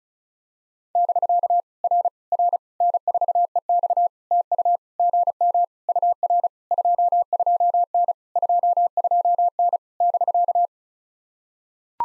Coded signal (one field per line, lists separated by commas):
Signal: Morse code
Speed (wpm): 36 wpm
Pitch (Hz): 700 Hz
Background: none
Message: <BK> R R N4EX TU GM UR 22N 22N <BK>